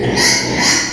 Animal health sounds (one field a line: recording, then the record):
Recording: squeal of a Yucatan mini pig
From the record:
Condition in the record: before surgery on the right vocal fold (resection and tissue-engineered implant)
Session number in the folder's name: 2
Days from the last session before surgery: 0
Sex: male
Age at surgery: 12 weeks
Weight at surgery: 13 kg